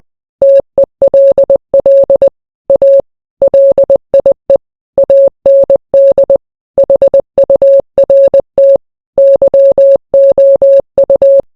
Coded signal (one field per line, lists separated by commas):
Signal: Morse code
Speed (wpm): 20 wpm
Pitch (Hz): 550 Hz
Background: none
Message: TELL A LIE AND HURT YOU